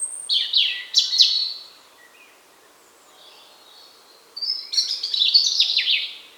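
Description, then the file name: European robin song: quick high ticking notes that slide down, a quiet gap, then a longer rush of thin, sweet, wavering high notes. "Erithacus rubecula"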